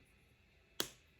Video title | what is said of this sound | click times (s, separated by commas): At Home AMH Test & Results. Is It Too Low? Fertility & IVF Journey! Embryo Freezing - Part 4. | So I heard it click. | 0.8 s